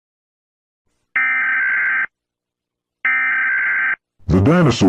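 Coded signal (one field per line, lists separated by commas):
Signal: Emergency Alert System (SAME) tones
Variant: header bursts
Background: speech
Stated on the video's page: Fictional EAS scenario depicting a national lockdown, not a real alert.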